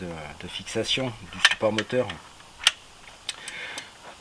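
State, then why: Torque reached. Engine mount fixing bolts are tightened with a torque wrench set to 70 Nm while someone talks. The torque wrench clicks at its setting at 2.7 s, followed by a few lighter ticks.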